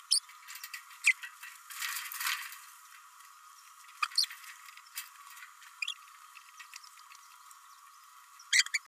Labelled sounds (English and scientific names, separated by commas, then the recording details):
Green-rumped Parrotlet (Forpus passerinus) babbling
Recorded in a nest box in Venezuela
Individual 18B104A3